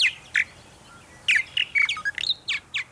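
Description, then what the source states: Purple martin song: a run of rich, gurgling chirps and squeaky notes, some rising and falling, with brief gaps between bursts. Described as a sweet voice.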